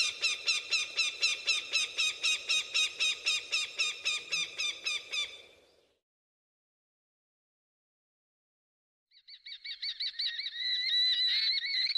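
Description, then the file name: Falcon calls: a fast, even cackling series of harsh notes for about five seconds, a silence, then a drawn-out wailing squeal growing louder at the end. "canto-do-falcão"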